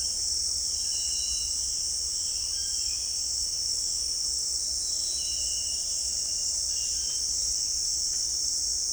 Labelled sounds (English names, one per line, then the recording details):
none
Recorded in pastures near Puerto Asís, Putumayo, Colombia, on 25 June 2025 at 18:00
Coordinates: 0.502, -76.324
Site G010